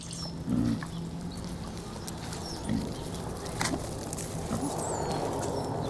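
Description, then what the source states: Piglet grunts, a rougher first grunt then a few softer ones, with a steady low hum and faint bird chirps. Piglets hanging out together.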